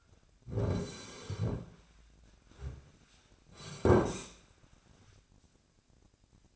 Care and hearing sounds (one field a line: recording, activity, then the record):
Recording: daily activity, microphone in the room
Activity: sit down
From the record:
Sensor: 2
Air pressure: 1009.1 hPa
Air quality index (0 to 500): 168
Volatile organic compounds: 2 ppm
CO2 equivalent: 1229 ppm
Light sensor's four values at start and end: 43/114/48/54 and 42/112/46/52